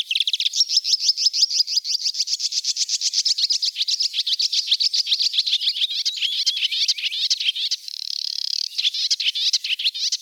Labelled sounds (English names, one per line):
Marsh Warbler song